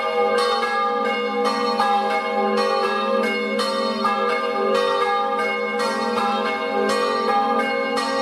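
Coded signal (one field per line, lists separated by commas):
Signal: bell signal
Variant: Friulian battiore ringing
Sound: several church bells ringing rapidly in overlapping strikes, continuous ringing peal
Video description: Battiore e Dopli (dura 1 minuto e mezzo) delle 18:00 per la Messa delle 18:30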